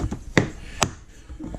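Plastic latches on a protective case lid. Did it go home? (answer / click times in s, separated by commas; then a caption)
yes / 0.4 s, 0.8 s. The two plastic draw latches on the lid of an Apache 3800 hard plastic protective case are snapped shut one after the other. Two sharp, loud snaps land at 0.4 s and 0.8 s, followed by a faint softer tap near 1.6 s. The latches lock the lid into place.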